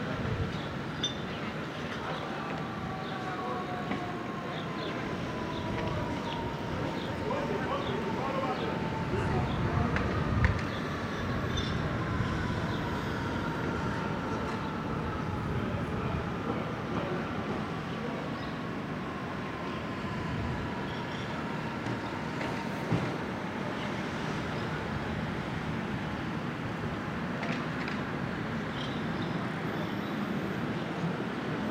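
A Brooklyn morning of steady traffic-like rumble, dense and unbroken for the whole half minute. A high whining tone glides slowly downward through most of it, like a passing train, with a sharp clank near ten seconds and faint voices underneath.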